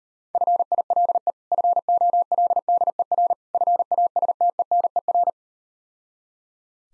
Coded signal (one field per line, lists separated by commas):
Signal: Morse code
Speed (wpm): 39 wpm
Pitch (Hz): 700 Hz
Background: none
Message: FILE FOLDER FASTENER